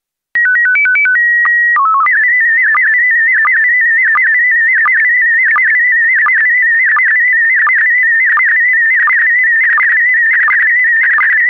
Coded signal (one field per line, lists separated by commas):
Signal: SSTV (slow-scan television)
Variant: PD 90